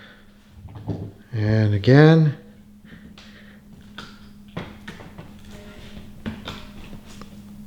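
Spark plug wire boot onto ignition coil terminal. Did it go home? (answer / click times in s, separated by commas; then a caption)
yes / 6.3 s. A spark plug wire boot is pushed onto the ignition coil terminal in the engine bay of a C7 Corvette until it snaps on. Someone talks briefly near the start, then a few short handling knocks follow. A sharp click at 6.3 s marks the boot seating onto the coil.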